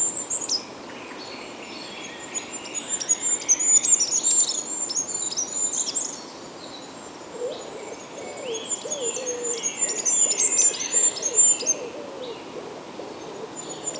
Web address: Goldcrest